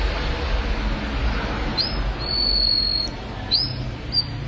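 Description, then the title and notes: Atlantic canary song with a few rising whistles and one long level high note, over a continuous low rumble. "BM Suara Burung Kenari"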